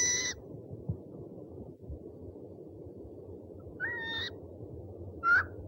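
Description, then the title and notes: Owl calls: a high call at the start, then a harsher burred note and a short rising whistle near the end, with steady low background noise. One of 69 call variants recorded from 11 owl species. "Sovy - Eulen - Owls. 69 variant hlasů - 11 druhů sov"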